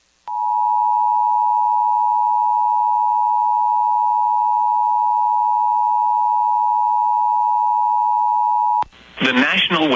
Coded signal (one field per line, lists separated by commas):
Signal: Emergency Alert System (SAME) tones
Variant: 853 and 960 Hz attention tone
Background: speech